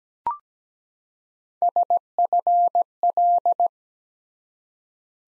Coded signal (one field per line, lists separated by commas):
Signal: Morse code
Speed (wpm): 17 wpm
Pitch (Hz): 700 Hz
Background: none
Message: SFL